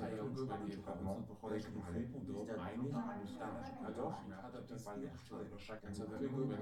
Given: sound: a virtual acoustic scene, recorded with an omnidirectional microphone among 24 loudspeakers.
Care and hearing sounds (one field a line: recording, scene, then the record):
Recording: noise of the scene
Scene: living room, symmetric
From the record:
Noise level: 70 dB SPL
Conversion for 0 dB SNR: 6.9 dB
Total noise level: 76.9 dB SPL